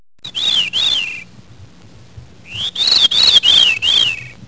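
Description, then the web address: Bird whistling, a short run of wavering, undulating high notes, then a pause, then a longer series of similar rising-and-falling whistled phrases. "特酷声音素材库 动物 鸟 Bird"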